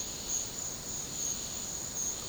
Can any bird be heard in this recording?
no